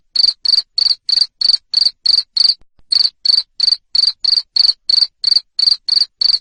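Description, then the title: Cricket producing shrill repeated chirps near three per second, interrupted once by a short pause. Loud cricket chirping, played to stimulate lovebirds to sing continuously. "Suara JANGKRIK NGERIK Keras Bikin LOVEBIRD Jadi NGEKEK Terus Vubey"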